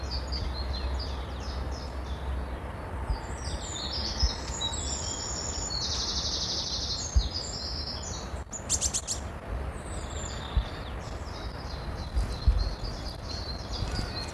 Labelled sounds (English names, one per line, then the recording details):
Eurasian Blackcap
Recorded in the wild
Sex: male
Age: adult
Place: Malchower Aue, Berlin, DE
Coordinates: 52.5808, 13.4886
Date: 1990-04-15
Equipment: Riporter 6 RG-K, Halbspur, Sennheiser MKH 416 T
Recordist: Frommolt, Karl-Heinz